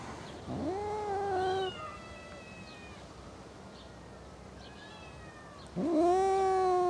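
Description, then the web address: Domestic cat yowls: a drawn-out moaning wail lasting about a second, quiet gap, then another rising yowl starting near the end, with faint background hiss. Cats in a suburban garden. "BBC Sound Effects Library. Cats In A Suburban Garden"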